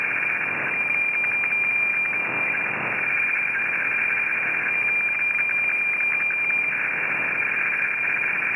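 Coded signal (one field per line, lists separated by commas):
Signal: weather fax (radiofax)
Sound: steady high tone broken by rapid rhythmic scratchy ticks, over hissing band noise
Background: radio static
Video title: WeFax Valparaiso. Playa Ancha Punta Arenas Chile. 17. 144 Khz. Copiado En Buenos Aires. Argentina.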